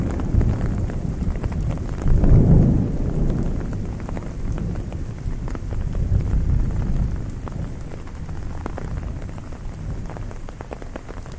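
Rain patters on an umbrella during a city walk, a dense, steady hail of small taps with sharper drops scattered throughout. A low rumble swells around two seconds and again near six, then the sound settles into an even, slightly quieter patter.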